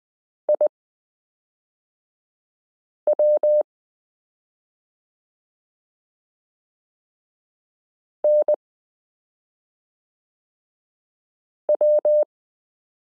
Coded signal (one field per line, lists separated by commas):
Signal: Morse code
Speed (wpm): 20 wpm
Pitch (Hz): 600 Hz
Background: none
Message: IW NW